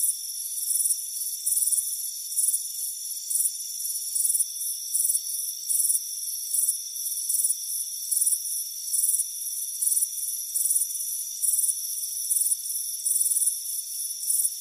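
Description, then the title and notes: Cricket chirping, bright high pulses coming in repeated bursts, backed by a steady whining insect chorus. Crickets chirping on a warm afternoon at a front porch. "Soothing Crickets Chirping Sound. It's a warm afternoon as you relax in a hammock on the front porch. Relax and fall asleep to the soothing sound of chirping crickets. Deep Sleep Sounds"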